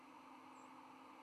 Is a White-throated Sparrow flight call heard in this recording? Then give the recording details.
yes. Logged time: 03:05 on 10 November 2014